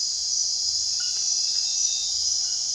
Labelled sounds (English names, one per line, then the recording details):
none
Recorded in secondary vegetation near Puerto Asís, Putumayo, Colombia, on 22 June 2025 at 22:30
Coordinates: 0.498, -76.327
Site GP09